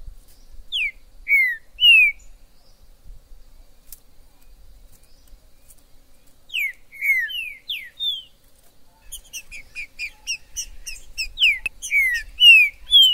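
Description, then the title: Green-winged saltator song, phrases of clear slurred whistled notes, then a busy stretch of rapid high chirps mixed with further slurred whistles. Trinca-ferro 'Major' in the forest, chirping, singing and 'macheando' (acting male) in a dispute; video meant to excite a pet trinca-ferro. "ESQUENTAR Seu TRINCA Piando, Cantando E Macheando Na DISPUTA. TRINCA FERRO no MATO. Trinca ferro MAJOR no MATO"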